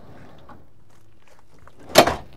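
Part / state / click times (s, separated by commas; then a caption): pull-out storage tray into its pass-through compartment slide / seated / 2.0 s. A large, wide pull-out storage tray in a vehicle's pass-through compartment is slid back in until it latches. Quiet low rumbling and faint taps lead up to a sharp, loud broadband clunk at 2.0 s, which trails off briefly. The tray locks in place.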